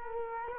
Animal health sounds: mosquito wingbeat signal from an infrared sensor; Culex quinquefasciatus

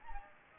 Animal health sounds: mosquito wingbeat signal from an infrared sensor; Anopheles gambiae

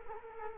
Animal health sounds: mosquito wingbeat signal from an infrared sensor; Culex quinquefasciatus

